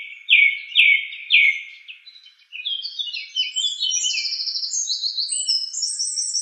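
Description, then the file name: Song thrush song opening with three loud, repeated downslurred notes, then a fast run of high twittering phrases that climb in pitch. "suara-kicauan-burung-song-thrush 7-omkicau"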